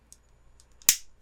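A plastic clip is pressed home into a soft, squishy shell piece of a Tuttminx F1 twisty puzzle after some trouble getting it to snap in, since a loose clip can sit up and interfere with the sliding of the pieces. A few faint light ticks come first, then a single sharp, loud snap at 0.9 s that rings briefly, followed by one more small tick near the end. The clip is confirmed snapped and seated in place.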